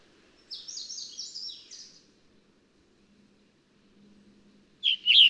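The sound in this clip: Scarlet tanager song: a hoarse, burry string of several quick rising and falling phrases lasting over a second, then a pause before another harsh burst of notes begins.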